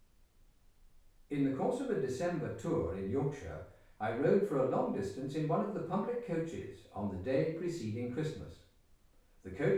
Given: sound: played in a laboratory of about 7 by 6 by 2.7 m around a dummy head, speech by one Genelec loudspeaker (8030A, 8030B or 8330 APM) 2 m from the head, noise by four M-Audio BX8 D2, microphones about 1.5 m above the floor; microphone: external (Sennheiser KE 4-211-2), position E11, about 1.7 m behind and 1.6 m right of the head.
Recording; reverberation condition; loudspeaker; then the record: male speech in English; medium; 150 degrees to the left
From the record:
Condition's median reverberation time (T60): about 510 ms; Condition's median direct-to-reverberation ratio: about -0.5 dB